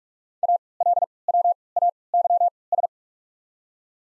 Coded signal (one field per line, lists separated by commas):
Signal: Morse code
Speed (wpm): 45 wpm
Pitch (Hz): 700 Hz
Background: none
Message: ALWAYS